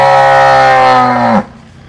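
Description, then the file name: Cattle bellow: one loud, steady, deep moo, ending abruptly. "Tieng bo rong"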